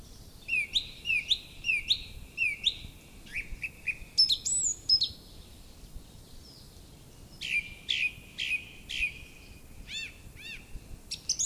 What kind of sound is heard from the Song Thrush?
song